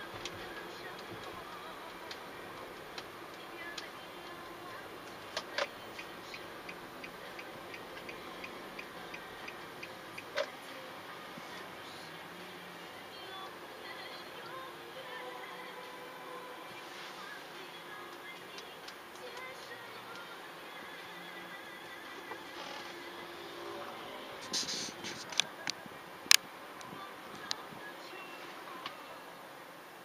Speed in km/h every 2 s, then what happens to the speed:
37, 38, 37, 36, 33, 28, 26, 25, 20, 15, 11, 0, 0, 0, 6.
4-22 slows to 0. 22-26 standing.